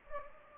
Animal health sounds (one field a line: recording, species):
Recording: mosquito wingbeat signal from an infrared sensor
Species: Anopheles gambiae